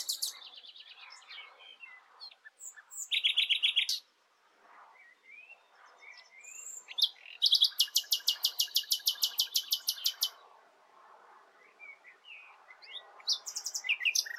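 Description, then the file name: Common nightingale song: varied phrases of sharp chirps and slurred notes, with two long bursts of rapid, loud repeated notes, the second lasting about three seconds. "Luscinia megarhynchos"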